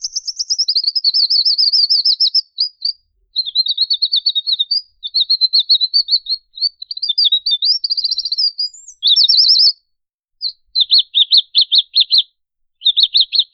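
Bird calling: high, fast trilled phrases, broken by short pauses.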